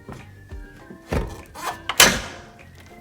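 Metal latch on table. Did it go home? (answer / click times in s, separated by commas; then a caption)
yes / 2.0 s. One half of a folding table tennis table is raised upright until its safety hook latch catches, with a few soft thumps and a heavier knock around 1.1 s. A sharp, bright click at 2.0 s marks the latch snapping home, leaving the table half fully locked in place.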